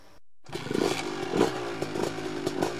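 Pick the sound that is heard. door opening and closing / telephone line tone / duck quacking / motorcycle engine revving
motorcycle engine revving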